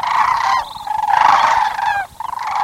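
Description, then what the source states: Sandhill Crane calling with loud, rolling, trumpeting bugles, long wavering notes repeated in several bursts. Courting pair calling in unison at sunrise on a southwestern marsh in late February, dancing, bowing and leaping with wings outstretched; pairs remain together.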